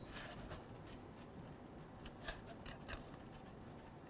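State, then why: Not seated. Tiny bent-up tabs on a Piececool sheet-metal model kit part are handled and fitted toward their slots, giving light scratchy metallic rustling with a brief sharper tick near 2.3 s. Nothing has seated or clicked into place yet.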